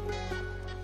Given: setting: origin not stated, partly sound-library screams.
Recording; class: one-second piece from a danger detection set; normal situation